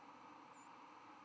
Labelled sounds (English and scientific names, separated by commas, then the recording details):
White-throated Sparrow (Zonotrichia albicollis) flight call
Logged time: 04:13 on 11 November 2014